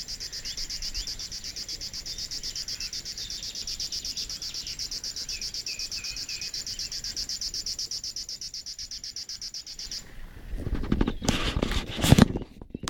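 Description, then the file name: River warbler song: a steady, rapidly pulsed mechanical buzzing like a sewing machine, running unbroken for about ten seconds, then stopping; loud handling thumps and clatter follow at the end. "schlagschwirl"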